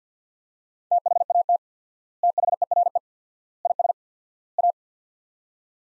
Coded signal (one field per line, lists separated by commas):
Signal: Morse code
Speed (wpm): 50 wpm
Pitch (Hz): 700 Hz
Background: none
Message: THAT THERE IS A